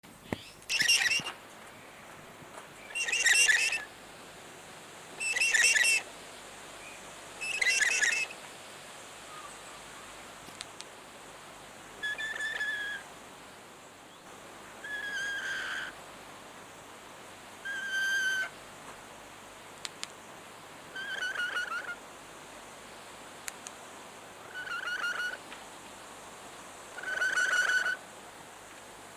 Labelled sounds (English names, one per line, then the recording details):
Yellow-bibbed Lory call
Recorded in captivity
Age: adult
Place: Tierpark Berlin, Berlin, DE
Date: 2004-09-14 18:40
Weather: sonnig, 20°C
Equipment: Sony WM-D6C, Sennheiser ME 80, Kopie Uher 4000 Report Monitor
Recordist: Tembrock, Günter
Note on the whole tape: Am Gitter: Lautfolgen (Entfernung 10 cm)